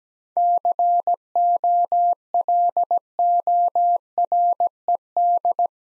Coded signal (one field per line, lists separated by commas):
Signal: Morse code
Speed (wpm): 17 wpm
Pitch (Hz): 700 Hz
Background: none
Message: COLORED